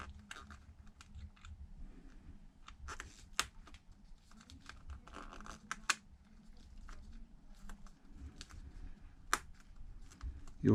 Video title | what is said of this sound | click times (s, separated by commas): ipad pro 12.9 3rd gen screen replacement | if you feel resistance don't push too hard because you could damage them you'll hear them click in | 3.4 s, 5.9 s, 9.3 s